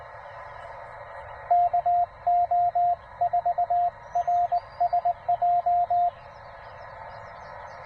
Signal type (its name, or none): Morse code